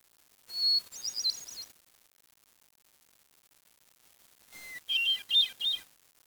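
Bird giving high twittering calls, one short warbled phrase early on and another after a quiet gap.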